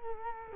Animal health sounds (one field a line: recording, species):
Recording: mosquito wingbeat signal from an infrared sensor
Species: Culex quinquefasciatus